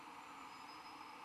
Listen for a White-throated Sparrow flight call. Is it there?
no